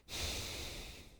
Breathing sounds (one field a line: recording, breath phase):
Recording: one breath near a microphone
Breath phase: exhalation